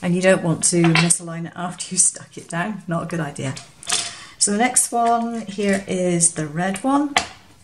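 A red card mat layer is handled over a homemade matting guide while someone talks throughout. Nothing has seated or clicked yet.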